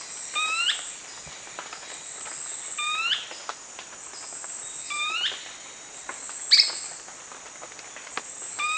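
Brownish twistwing giving sharp rising nasal notes at regular intervals against a constant high-pitched insect hum.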